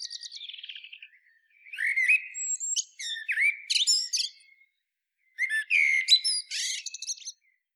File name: Turdus merula